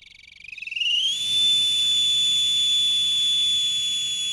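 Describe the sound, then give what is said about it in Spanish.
A person whistles one long, high note that wobbles and slides upward at first, then holds steady and loud for several seconds with no talking. “¡Contanos en un silbido cómo viviste las últimas elecciones!”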